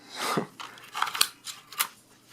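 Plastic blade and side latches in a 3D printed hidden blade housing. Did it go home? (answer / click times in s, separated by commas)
yes / 1.2 s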